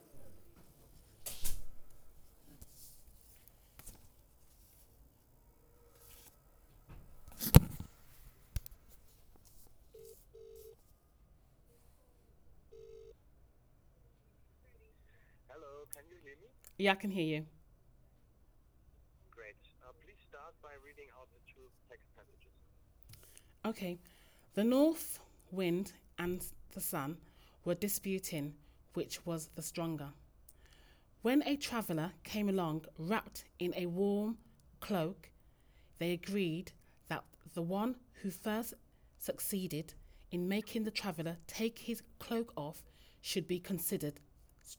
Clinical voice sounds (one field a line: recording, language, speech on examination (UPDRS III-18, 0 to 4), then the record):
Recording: text read into a phone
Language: English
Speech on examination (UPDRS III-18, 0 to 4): 0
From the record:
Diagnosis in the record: healthy control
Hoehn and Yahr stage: 0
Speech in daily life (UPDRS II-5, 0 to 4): 0